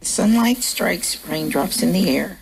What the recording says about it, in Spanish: Los nódulos vocales, que para entendernos son como una especie de callo que nos sale en las cuerdas. La voz se vuelve ronca, fatigada, sin brillo.